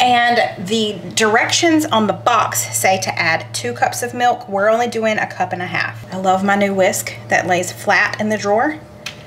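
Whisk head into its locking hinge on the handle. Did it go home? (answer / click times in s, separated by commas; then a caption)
no / none. Someone talks throughout while handling a flat-folding kitchen whisk whose wire head turns upright and locks into its hinge on the handle. A brief sharp sound comes at 9.1 s, right at the end. The clip ends before the whisk head goes home, so nothing has seated or clicked yet.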